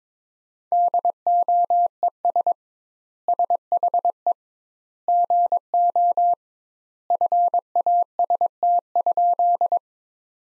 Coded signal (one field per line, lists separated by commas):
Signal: Morse code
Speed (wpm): 22 wpm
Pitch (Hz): 700 Hz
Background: none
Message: DOES SHE GO FAST?